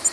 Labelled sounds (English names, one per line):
Black-throated Green Warbler flight call